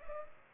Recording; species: mosquito wingbeat signal from an infrared sensor; Culex pipiens